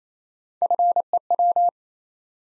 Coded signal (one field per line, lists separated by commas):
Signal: Morse code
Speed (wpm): 27 wpm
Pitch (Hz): 700 Hz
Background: none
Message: FEW